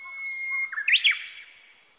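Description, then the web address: Japanese bush warbler song: a long, steady whistled note that breaks into a quick, looping flourish of rising and falling notes, then fades. Recorded on 18 April 1998. "1998 980418 uguisu"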